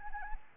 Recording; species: mosquito wingbeat signal from an infrared sensor; Anopheles arabiensis